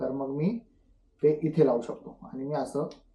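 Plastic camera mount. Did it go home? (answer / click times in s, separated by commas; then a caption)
no / none. A DJI Action 4 action camera is handled next to its magnetic quick-release mount, turned vertical to be pushed in, while someone talks. The camera has not seated or clicked into the mount yet.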